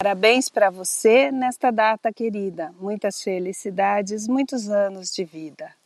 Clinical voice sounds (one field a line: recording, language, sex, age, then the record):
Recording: short text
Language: Brazilian Portuguese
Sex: female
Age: 50 to 59 years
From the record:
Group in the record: control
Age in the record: 53 years